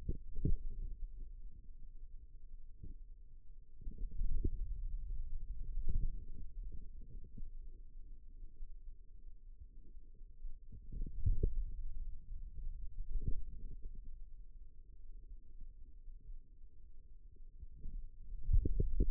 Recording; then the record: forearm muscle sounds (acoustic myography)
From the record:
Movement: pen grasping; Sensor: system 2, bracelet of six BSWA MPA416 microphones around the upper forearm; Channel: 4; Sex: male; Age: 22 years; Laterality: right